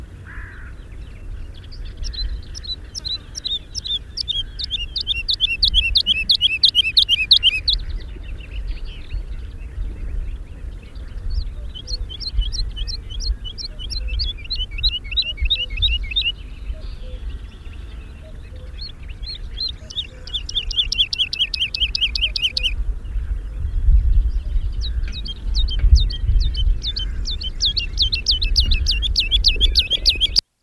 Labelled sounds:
Wood Lark (Lullula arborea) song

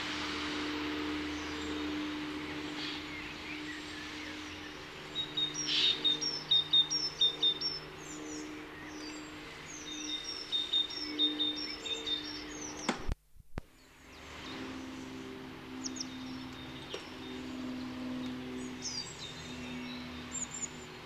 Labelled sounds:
Great Tit (Parus major) song

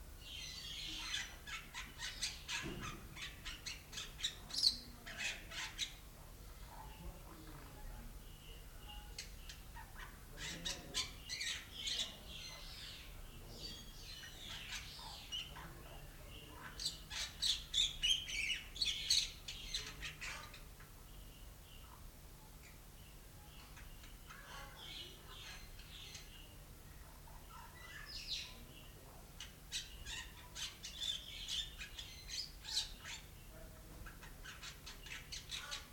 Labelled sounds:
Bali Myna (Leucopsar rothschildi)

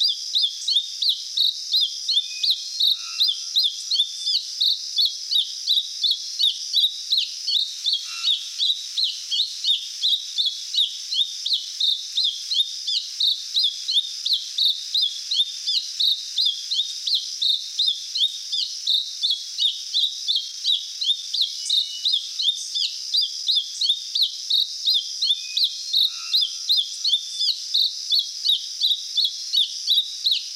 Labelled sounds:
Mountain Thrush (Turdus plebejus) song

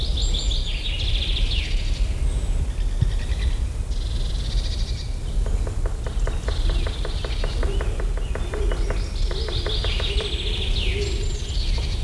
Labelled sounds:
Great Spotted Woodpecker (Dendrocopos major)

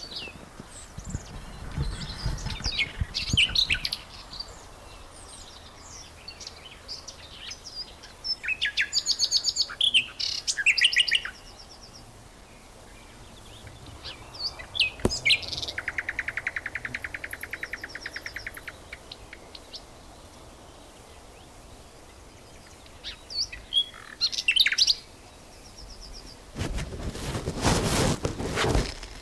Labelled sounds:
Common Whitethroat (Sylvia communis) song

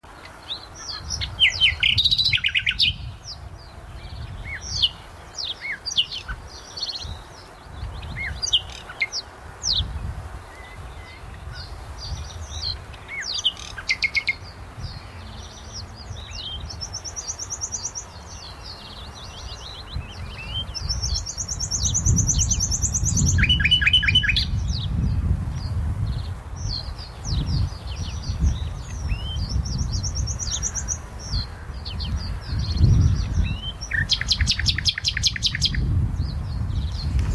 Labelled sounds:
Common Nightingale (Luscinia megarhynchos) song

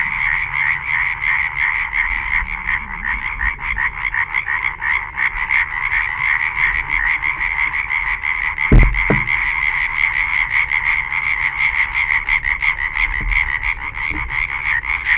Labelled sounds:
Common Tree Frog (Hyla arborea) call

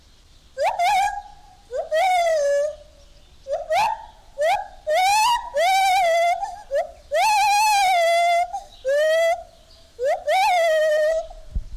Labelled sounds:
Lar Gibbon (Hylobates lar)

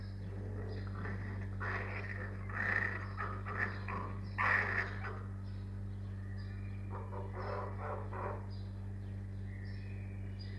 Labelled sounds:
Arctic Fox (Vulpes lagopus)

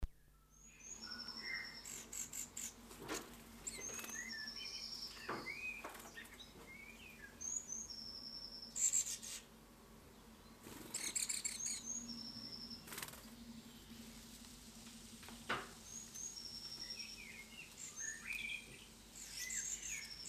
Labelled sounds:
Great Tit (Parus major) begging call

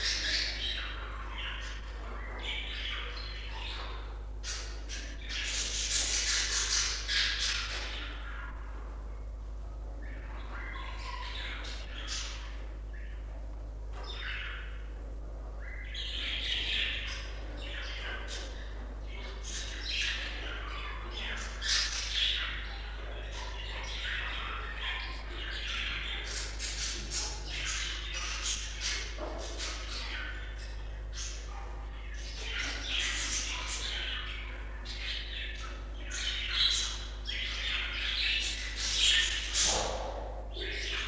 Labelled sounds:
Budgerigar (Melopsittacus undulatus) call

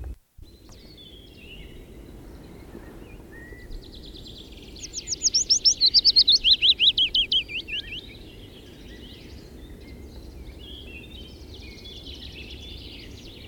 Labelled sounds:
Willow Warbler (Phylloscopus trochilus) song

